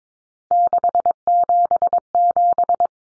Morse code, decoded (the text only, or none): 677